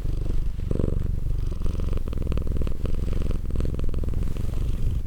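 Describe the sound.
Cat giving a rumbling purr, low pulsed vibration rising and falling with breaths, steady and continuous.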